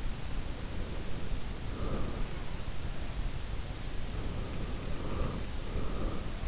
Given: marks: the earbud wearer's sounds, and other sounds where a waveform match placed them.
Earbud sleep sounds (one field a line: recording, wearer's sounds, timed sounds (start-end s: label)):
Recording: sounds in sleep by an in-ear microphone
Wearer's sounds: breath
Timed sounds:
0.05-3.20 s: breath
3.77-6.48 s: breath